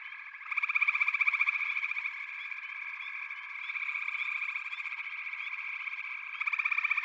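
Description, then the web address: Frogs trilling together, fast beating pulses that start abruptly, ease off in the middle, then surge again at the close. "The Natural Sounds of the Wilderness. Echoes of Nature - Frog Chorus"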